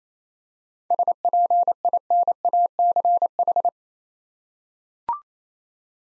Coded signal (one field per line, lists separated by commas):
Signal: Morse code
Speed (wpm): 27 wpm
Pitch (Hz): 700 Hz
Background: none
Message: SPINACH